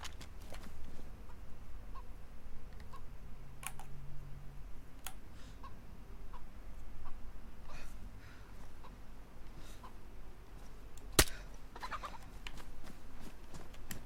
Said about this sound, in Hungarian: Itt egy csirke, ezt lelövöm, hogy legyen kajánk.